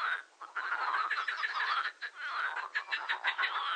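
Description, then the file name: Marsh frog chorus, many overlapping rattling, pulsed croaks merging into a continuous churring din with brief lulls. "grenouille rieuse"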